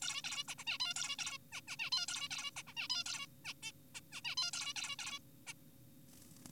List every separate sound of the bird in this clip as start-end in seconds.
0.02-0.22, 0.24-0.44, 0.48-0.55, 0.59-0.64, 0.67-0.78, 0.80-0.94, 0.96-1.16, 1.19-1.38, 1.53-1.61, 1.68-1.77, 1.79-1.90, 1.92-2.06, 2.08-2.29, 2.31-2.51, 2.57-2.63, 2.67-2.73, 2.77-2.88, 2.90-3.04, 3.06-3.27, 3.45-3.54, 3.63-3.72, 3.95-4.01, 4.13-4.21, 4.25-4.35, 4.37-4.51, 4.53-4.73, 4.76-4.96, 4.99-5.19, 5.47-5.53